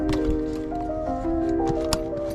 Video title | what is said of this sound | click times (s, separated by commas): how to install knock sensors on your 99 gmc Sierra | You heard that click. | 1.9 s